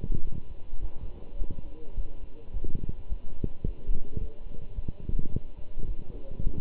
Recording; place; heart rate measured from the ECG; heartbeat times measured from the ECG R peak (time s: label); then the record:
heart sounds by stethoscope; between the tricuspid and mitral areas; 106 bpm
0.24 s: heartbeat
0.81 s: heartbeat
1.39 s: heartbeat
1.96 s: heartbeat
2.53 s: heartbeat
3.09 s: heartbeat
3.65 s: heartbeat
4.20 s: heartbeat
4.76 s: heartbeat
5.32 s: heartbeat
5.87 s: heartbeat
6.44 s: heartbeat
From the record:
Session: walking at 3.7 km/h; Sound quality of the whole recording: good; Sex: male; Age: 24 years